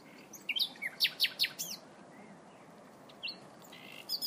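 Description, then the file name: Common nightingale song: a series of loud, sweeping high notes repeated quickly, then a pause before thin whistles and a fresh phrase, over soft background hiss. "nachtegaal"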